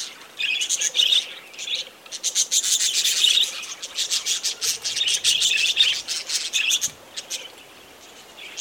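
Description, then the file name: Budgerigars chattering, a dense stream of quick, scratchy warbled notes from several birds, coming in bursts with short gaps throughout. Budgerigars near Gosses Bluff, Northern Territory. "BIRD-budgies-nr-gosses-bluff nt"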